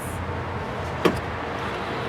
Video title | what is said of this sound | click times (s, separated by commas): Car seat installation how-to | the seat belt holding it out until it clicks | 1.0 s